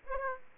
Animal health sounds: mosquito wingbeat signal from an infrared sensor; Aedes aegypti

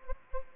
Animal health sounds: mosquito wingbeat signal from an infrared sensor; Anopheles gambiae

